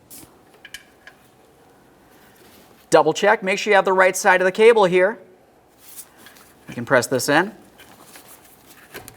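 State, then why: Not seated. A rear parking brake cable end on a 2011–2021 Jeep Grand Cherokee is handled at its mounting bracket, with a few faint taps early on and someone talking in between. The cable end has not yet been pressed home, and nothing has seated or clicked yet.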